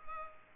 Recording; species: mosquito wingbeat signal from an infrared sensor; Culex pipiens